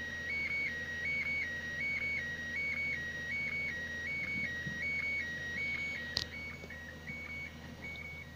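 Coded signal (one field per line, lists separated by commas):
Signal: SSTV (slow-scan television)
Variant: PD180 mode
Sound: steady high warbling tone switching between two pitches with rhythmic short clicks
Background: radio static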